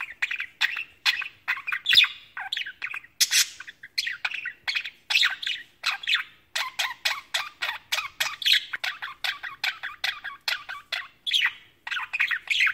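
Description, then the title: Budgerigar chatter made of quick, buzzy chirps and warbled notes strung together, some lower grating notes mixed in. "Budgie Sounds"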